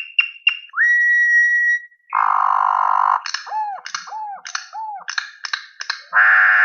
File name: Corrupião